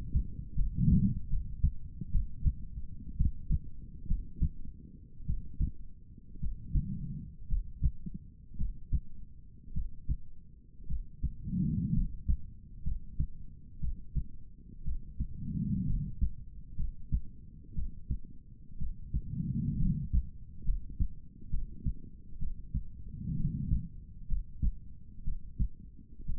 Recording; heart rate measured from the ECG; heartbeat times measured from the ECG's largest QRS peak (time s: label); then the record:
heart sounds by stethoscope; 61 bpm
0.54 s: heartbeat
1.28 s: heartbeat
2.11 s: heartbeat
3.16 s: heartbeat
4.07 s: heartbeat
5.25 s: heartbeat
6.39 s: heartbeat
7.47 s: heartbeat
8.56 s: heartbeat
9.72 s: heartbeat
10.86 s: heartbeat
11.92 s: heartbeat
12.82 s: heartbeat
13.79 s: heartbeat
14.83 s: heartbeat
15.85 s: heartbeat
16.75 s: heartbeat
17.74 s: heartbeat
18.77 s: heartbeat
19.77 s: heartbeat
20.63 s: heartbeat
21.49 s: heartbeat
22.38 s: heartbeat
23.35 s: heartbeat
24.27 s: heartbeat
25.23 s: heartbeat
26.25 s: heartbeat
From the record:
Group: healthy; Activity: rest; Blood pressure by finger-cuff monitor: 119/67 mmHg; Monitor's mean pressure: 87 mmHg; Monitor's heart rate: 62 bpm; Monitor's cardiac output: 6.2 L/min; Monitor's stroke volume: 99 mL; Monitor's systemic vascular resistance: 880 dyn s/cm5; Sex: female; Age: 23 years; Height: 160 cm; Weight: 50.4 kg